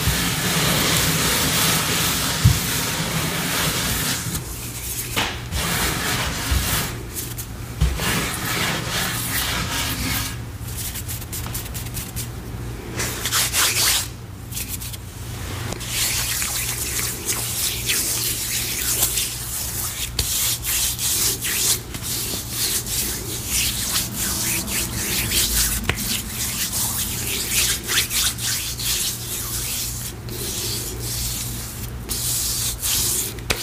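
Gym chalk and cornstarch are crushed and rubbed in steady, dense handling, with soft gritty scraping and crumbling throughout. Brief quieter gaps break the texture around 5, 7, 10 and 14 seconds. A low steady hum runs underneath the whole time.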